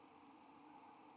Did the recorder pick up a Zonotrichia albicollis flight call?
no